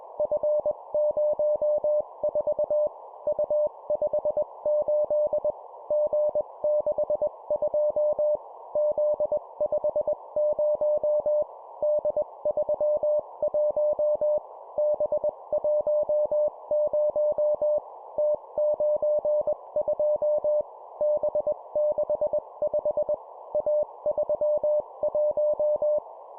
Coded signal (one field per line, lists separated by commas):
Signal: Morse code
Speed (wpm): 21 wpm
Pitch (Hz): 600 Hz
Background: none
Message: F04 U58 G62 Z50 D31 B10 T92 B65 A31